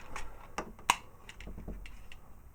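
A second hinged plastic piece is pushed into the body of a Transformers Combiner Wars Hotspot robot toy on the other side, with light plastic clicks and handling taps around it. A sharp, loud snap at 0.9 s marks the piece seating into place.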